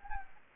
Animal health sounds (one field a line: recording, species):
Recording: mosquito wingbeat signal from an infrared sensor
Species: Anopheles gambiae